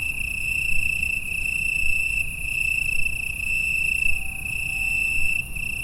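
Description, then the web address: Cricket chorus, a sustained high-pitched trill with occasional short gaps and pulses, layered over constant low background noise. Cricket chorus recorded in Italy on 6 September 2016 at 21:00. "pelouse 12 Grillons Italie 2016-09-06 21 h concerto"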